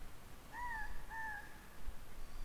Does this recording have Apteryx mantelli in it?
no